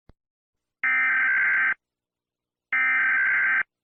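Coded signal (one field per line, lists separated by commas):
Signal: Emergency Alert System (SAME) tones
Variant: header bursts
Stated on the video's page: Fictional earthquake scenario, not a real alert.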